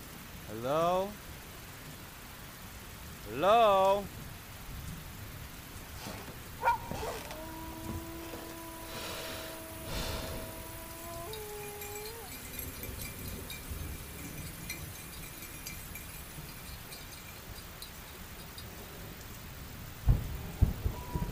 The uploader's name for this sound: lost in the dark village Asmr ambience